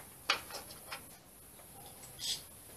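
A plastic electrical connector is unclipped from the ignition coil during a spark plug change on a Toyota Corolla 1.6 VVTI. It releases easily with a sharp click at 0.3 s, followed by a few softer taps and a brief rustle near 2.3 s. The connector comes off, unlike on some cars where it is hard to remove.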